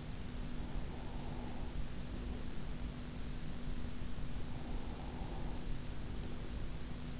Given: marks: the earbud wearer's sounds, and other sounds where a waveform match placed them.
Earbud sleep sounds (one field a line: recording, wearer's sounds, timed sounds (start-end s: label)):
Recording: sounds in sleep by an in-ear microphone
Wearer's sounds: breath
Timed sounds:
0.82-2.63 s: breath
4.66-6.47 s: breath